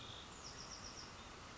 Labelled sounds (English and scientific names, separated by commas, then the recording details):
Bewick's Wren (Thryomanes bewickii)
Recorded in Sonoma County, California